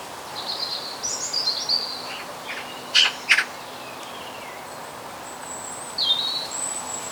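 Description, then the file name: Eurasian magpie giving two harsh, rasping chack notes about a third of a second apart, while other birds whistle high, thin phrases before and after. "Pica pica"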